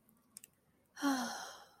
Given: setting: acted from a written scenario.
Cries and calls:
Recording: vocal sound without words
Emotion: serenity

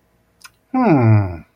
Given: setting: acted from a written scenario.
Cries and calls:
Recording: vocal sound without words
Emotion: interest

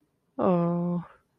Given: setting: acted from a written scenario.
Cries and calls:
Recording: vocal sound without words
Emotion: guilt

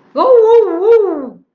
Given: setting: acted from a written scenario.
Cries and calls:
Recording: vocal sound without words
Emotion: awe

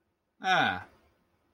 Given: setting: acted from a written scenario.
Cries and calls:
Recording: vocal sound without words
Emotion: pride

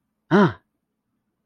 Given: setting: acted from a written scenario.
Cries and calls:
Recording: vocal sound without words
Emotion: negative surprise

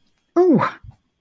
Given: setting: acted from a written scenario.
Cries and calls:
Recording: vocal sound without words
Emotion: pain

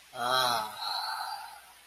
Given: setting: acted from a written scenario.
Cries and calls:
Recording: vocal sound without words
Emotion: romantic love

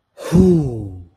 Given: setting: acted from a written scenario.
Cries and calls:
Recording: vocal sound without words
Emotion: relief

